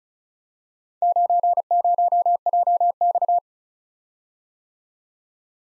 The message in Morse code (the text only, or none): 90JX